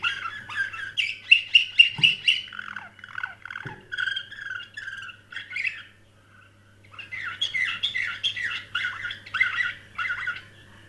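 Canary song with a fast repeated trill near the start, then mixed warbling phrases, a short silent gap, and a lively rolling passage at the end; two soft thuds early on.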